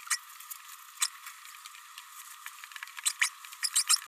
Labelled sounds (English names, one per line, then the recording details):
Green-rumped Parrotlet babbling
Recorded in a nest box in Venezuela
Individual 18B104A3